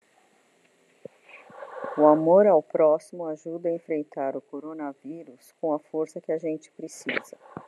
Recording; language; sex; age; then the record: spoken sentence; Brazilian Portuguese; female; 60 to 69 years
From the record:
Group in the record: control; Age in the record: 62 years